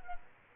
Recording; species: mosquito wingbeat signal from an infrared sensor; Culex quinquefasciatus